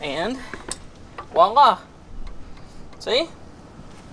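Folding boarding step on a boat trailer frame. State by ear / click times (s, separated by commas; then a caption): not seated / none. A folding boarding step on a boat trailer frame, a Megaware FlexStep Pro, is being handled as it is folded back up toward its stowed position. Someone talks while faint handling noises and a small tick around 2.3 s are heard. Nothing has seated or clicked into place yet.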